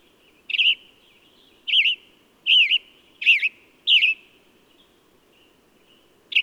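Bird song: short, wavering whistled notes repeated roughly every second, each a quick warbled twist, then a pause of about two seconds before one more note, over a faint low hum.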